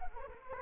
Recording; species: mosquito wingbeat signal from an infrared sensor; Anopheles arabiensis